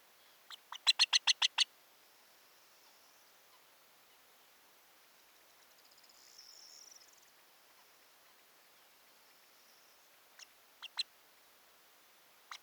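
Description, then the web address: Montagu's harrier chattering call: a rapid burst of several harsh, evenly spaced notes, then a faint thin whistle and a few scattered sharp notes near the end. "montagu's harrier. صدای-پرنده-سنقر-گندمزار"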